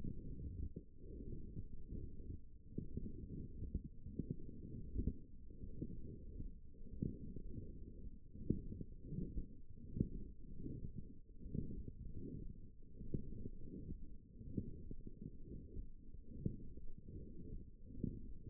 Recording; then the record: forearm muscle sounds (acoustic myography)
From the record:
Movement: forearm supination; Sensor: system 1, eight BSWA MPA416 microphones around the upper forearm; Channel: 4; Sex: female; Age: 20 years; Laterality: right